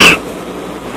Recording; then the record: coughing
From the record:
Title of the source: 31 night wet cough